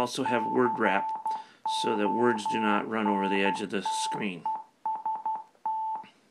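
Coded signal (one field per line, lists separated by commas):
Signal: Morse code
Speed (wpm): 12 wpm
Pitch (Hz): 880 Hz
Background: speech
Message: CONTEST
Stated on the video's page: Morse code sent as audio from a laptop computer.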